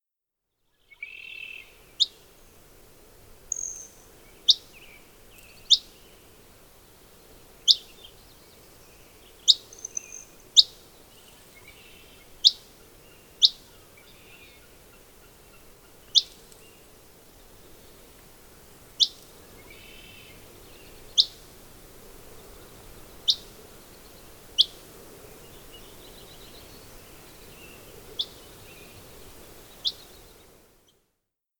Dusky Flycatcher call recorded on the Cub Lake Trail in Rocky Mountain National Park. In the background a Red-winged Blackbird can be heard calling. Also, in the recording is the buzz of a hummingbird flying by.